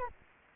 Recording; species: mosquito wingbeat signal from an infrared sensor; Anopheles arabiensis